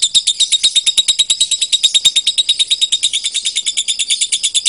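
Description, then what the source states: Lovebird chirping song, a fast unbroken stream of shrill high chirps, keeping a steady rapid rhythm throughout. Lovebird called Putri Mentaya.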